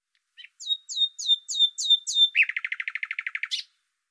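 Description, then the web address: Bird song: six clear high slurred whistles in steady sequence, then a fast rolling trill ending in a short buzzy note. "Deverinetal 2025"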